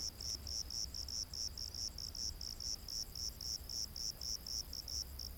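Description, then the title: Cricket chirping in a steady pulsed trill, short high chirps repeated about four times a second over faint low rumble. Crickets recorded during the day. "grillos de dia"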